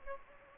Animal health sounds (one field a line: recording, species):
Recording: mosquito wingbeat signal from an infrared sensor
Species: Anopheles gambiae